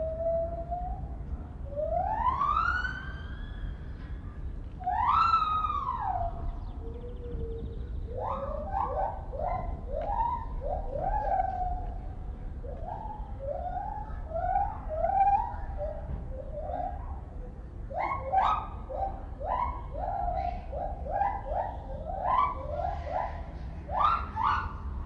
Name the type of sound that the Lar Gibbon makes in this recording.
call